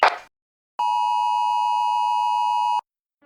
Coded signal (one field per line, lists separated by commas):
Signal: Emergency Alert System (SAME) tones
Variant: 853 and 960 Hz attention tone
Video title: EAS Scenario: 2:14 AM